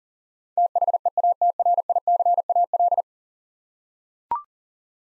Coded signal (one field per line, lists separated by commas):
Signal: Morse code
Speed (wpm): 40 wpm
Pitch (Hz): 700 Hz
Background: none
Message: THEATRICAL